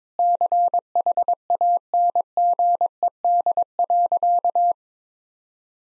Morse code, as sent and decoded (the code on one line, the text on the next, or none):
-.-. .... .- -. --. . -.. .-.-.-
CHANGED.